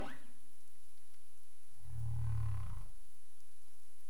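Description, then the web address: Humpback whale moan: a single low, droning note about a second long, over steady background noise. Recorded 27 April 2035 at 22:23 UTC. "CARIMAM. humpback whale 20350427 222331 UTC"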